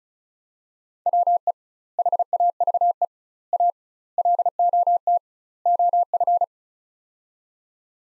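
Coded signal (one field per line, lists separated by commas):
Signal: Morse code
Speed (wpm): 36 wpm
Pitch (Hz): 700 Hz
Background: none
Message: WE HAVE A LOT OF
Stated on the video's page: Morse practice of five-word sets at 35 wpm with 2x word spacing, a word-level Farnsworth-like method for head-copying.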